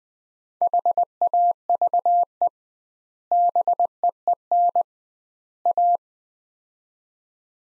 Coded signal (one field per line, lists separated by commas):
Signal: Morse code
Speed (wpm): 21 wpm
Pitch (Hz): 700 Hz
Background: none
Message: HAVE BEEN A